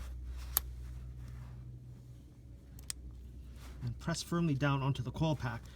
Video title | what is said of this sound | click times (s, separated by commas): How to Diagnose and Repair a Misfiring and Rough Running Honda Fit | I'm just going to reconnect the connector till it snaps in | 0.6 s